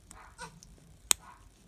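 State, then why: Seated. During a custom wheel swap on a diecast toy car, the swapped wheel and axle are pressed back onto the car's plastic base. After a few faint ticks and handling noise, a sharp, bright snap at 1.1 s marks the axle seating in the plastic base, and the wheels are now held so they won't fall out.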